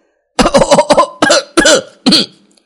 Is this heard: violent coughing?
yes